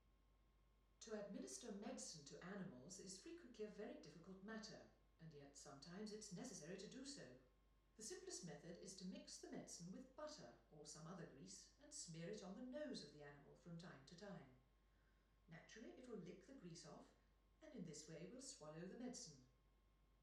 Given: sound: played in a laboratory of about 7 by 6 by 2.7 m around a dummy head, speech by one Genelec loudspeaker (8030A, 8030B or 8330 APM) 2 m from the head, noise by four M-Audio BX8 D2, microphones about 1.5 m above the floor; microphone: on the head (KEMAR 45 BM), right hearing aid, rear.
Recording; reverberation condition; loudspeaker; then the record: female speech in English; medium; 150 degrees to the left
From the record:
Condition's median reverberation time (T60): about 510 ms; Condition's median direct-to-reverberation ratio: about -0.5 dB